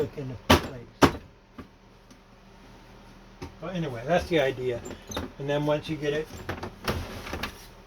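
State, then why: Partly seated. Someone talks while pressing the two halves of a Kenmore 158.10500 sewing machine carrying case together, setting the lid onto its base. Sharp clicks come at 6.9 s and 7.4 s. The lid clicks shut on one side, but the other side does not close.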